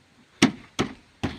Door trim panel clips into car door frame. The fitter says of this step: and you can just use your palm and you'll hear it just snap into place when